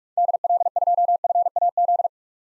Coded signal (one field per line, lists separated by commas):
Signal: Morse code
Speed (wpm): 47 wpm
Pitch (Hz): 700 Hz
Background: none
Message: DL2FAZ